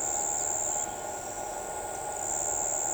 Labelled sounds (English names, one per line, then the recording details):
Chestnut-winged Chachalaca
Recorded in shrubland near Pivijay, Magdalena, Colombia, on 14 April 2023 at 06:00
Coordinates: 10.453, -74.365
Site P5-G022